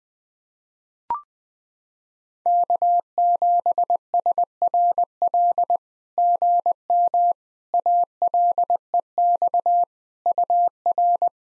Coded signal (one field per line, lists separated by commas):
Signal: Morse code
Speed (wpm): 21 wpm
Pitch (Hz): 700 Hz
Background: none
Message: K7SRL GM ALEX UR